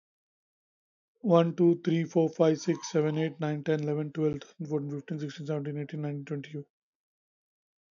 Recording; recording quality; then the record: counting at a fast pace; excellent, no background noise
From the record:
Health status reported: healthy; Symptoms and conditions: hypertension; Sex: male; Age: 52 years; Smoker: not ticked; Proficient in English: yes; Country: India